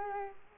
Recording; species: mosquito wingbeat signal from an infrared sensor; Culex quinquefasciatus